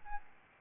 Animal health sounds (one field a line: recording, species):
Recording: mosquito wingbeat signal from an infrared sensor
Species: Aedes albopictus